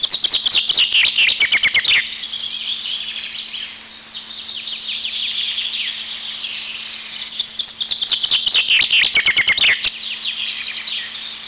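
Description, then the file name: Eurasian chaffinch song: busy, high twittering with bursts of fast repeated strokes at the start and again near nine seconds, over a faint constant hum. "erdei pinty"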